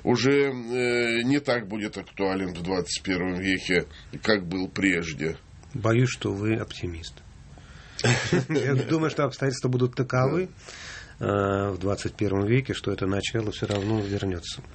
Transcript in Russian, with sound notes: уже не так будет актуален в XXI веке, как был прежде.
Боюсь, что вы оптимист. (все смеются) Я думаю, что обстоятельства будут таковы в XXI веке, что это начало все равно вернется.